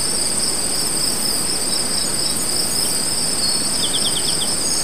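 Cricket trilling steadily in two high-pitched bands over a constant hiss, with a brief series of quick ticks near the end.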